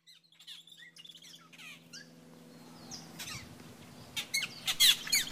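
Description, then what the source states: Austral blackbird calls, a string of short chirps and squeaky notes that start faint and grow louder near the end, over a low steady hum. Soundscape in Ventana, 5th region, Chile.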